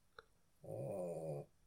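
A single low, buzzy rumble lasting just under a second comes from Teddy, a dog, snoring on one breath. A brief click comes before it in an otherwise quiet indoor room.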